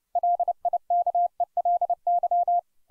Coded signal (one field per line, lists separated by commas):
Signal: Morse code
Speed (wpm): 29 wpm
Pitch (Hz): 700 Hz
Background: none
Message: LIKELY